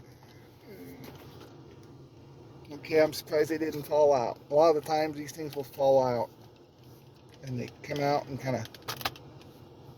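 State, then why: Seated. Someone talks while a fold-out plastic cup holder in the dashboard/console of a 1997 Buick LeSabre is pulled out. It snaps into its open position with sharp clicks at 9.0 and 9.1 seconds, sounding as if it might break.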